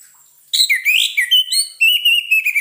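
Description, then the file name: Orange-headed thrush singing a rapid, varied run of warbled and whistled notes, some sliding, followed by a steady stream of short chirpy syllables. Lure sound played so the bird does not get stressed. "suara pancingan burung anis merah agar tidak stress"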